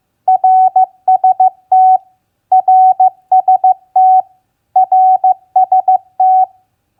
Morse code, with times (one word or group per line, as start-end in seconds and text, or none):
0.3-2.0 RST
2.5-4.2 RST
4.8-6.4 RST